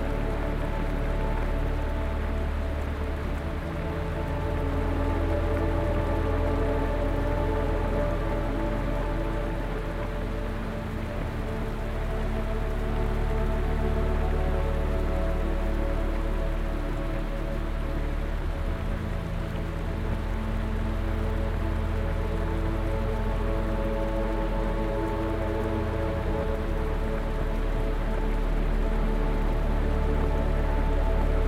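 Steady rain hisses throughout while sustained string chords hold low and middle notes, swelling gently and shifting slowly without any sharp breaks.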